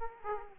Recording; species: mosquito wingbeat signal from an infrared sensor; Aedes aegypti